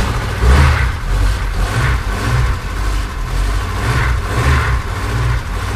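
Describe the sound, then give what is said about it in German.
A vintage Ford Taunus car engine runs steadily with a deep, rumbling low end, its sound swelling in rhythmic surges every second or so, as if gently revved, with no voices. “Der Wagen, der sich hier zu Wort meldet, hat eine große Karriere hinter sich und setzt die erste Duftmarke eines Modells, mit dem Ford in Deutschland über fast 5 Jahrzehnte identifiziert wird, der Taunus.”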